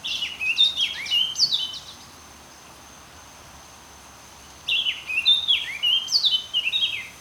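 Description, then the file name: Eurasian blackcap song: two rich, fast warbling phrases of chattering and whistled notes, the first ending after two seconds, the second starting near five seconds, over a quiet hiss. "Sylvia atricapilla"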